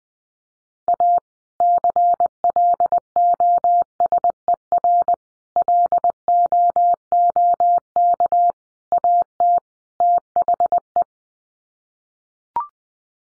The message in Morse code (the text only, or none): A CLOSER LOOK AT THE